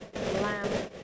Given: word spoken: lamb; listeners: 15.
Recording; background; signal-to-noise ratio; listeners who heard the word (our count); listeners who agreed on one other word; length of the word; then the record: one English word in noise, from a listening test; noise modulated by three-talker babble; -3.6 dB; 2 of 15; 10 of 15; 0.63 s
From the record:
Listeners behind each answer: 10, 2, 1, 1, 1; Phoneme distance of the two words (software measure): 20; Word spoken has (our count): 1 syllable, 3 phonemes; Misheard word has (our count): 1 syllable, 3 phonemes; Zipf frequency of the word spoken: 4.61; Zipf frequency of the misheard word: 4.48